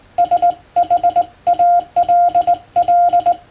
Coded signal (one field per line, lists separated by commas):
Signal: Morse code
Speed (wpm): 20 wpm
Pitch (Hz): 700 Hz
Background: none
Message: SHALL